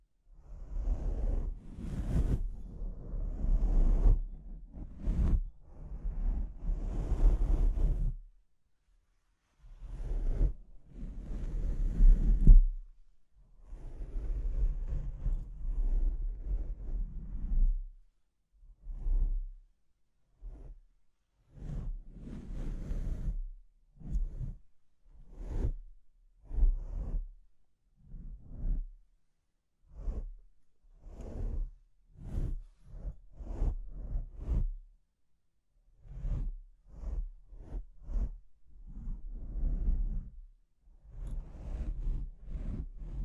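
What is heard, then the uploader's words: Mic scratching in rough, irregular bursts, each a gritty rub with a heavy low thump underneath and hiss reaching up high. Longer scrapes fill the first dozen seconds, then shorter, choppier strokes follow with brief silent gaps between them, continuing to the end. ASMR Brain Melting Mic Scratching (No Talking).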